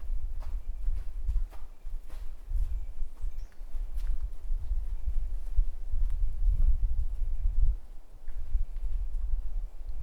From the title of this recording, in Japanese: お散歩道の自然の音